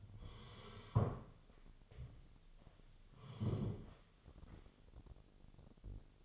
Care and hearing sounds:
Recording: daily activity, microphone in the room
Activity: sit down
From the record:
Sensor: 4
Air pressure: 1016.1 hPa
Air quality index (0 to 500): 173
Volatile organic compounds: 7 ppm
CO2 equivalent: 1967 ppm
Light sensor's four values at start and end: 9/20/8/7 and 9/20/8/7

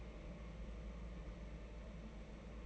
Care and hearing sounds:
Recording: daily activity, microphone in the room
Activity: take from stove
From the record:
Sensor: 1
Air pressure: 992.0 hPa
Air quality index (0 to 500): 217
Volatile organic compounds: 1000 ppm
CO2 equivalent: 8452 ppm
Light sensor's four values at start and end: 21/74/29/29 and 21/74/29/29

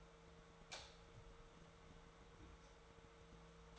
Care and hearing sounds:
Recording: daily activity, microphone in the room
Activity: light on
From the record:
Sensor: 3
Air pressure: 1014.7 hPa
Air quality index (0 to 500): 194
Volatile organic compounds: 25 ppm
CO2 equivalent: 2829 ppm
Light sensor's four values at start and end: 11/28/11/12 and 14/36/15/14

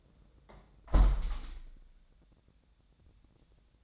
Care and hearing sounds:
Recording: daily activity, microphone in the room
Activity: close window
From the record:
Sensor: 3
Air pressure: 1012.2 hPa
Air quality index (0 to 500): 132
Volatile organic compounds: 2 ppm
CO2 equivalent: 1026 ppm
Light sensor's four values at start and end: 170/409/167/154 and 174/416/169/156

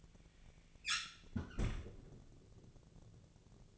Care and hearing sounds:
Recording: daily activity, microphone in the room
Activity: close fridge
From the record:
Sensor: 4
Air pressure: 1000.9 hPa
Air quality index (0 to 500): 127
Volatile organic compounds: 1 ppm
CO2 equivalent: 953 ppm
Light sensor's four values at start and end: 29/69/29/31 and 31/75/32/34

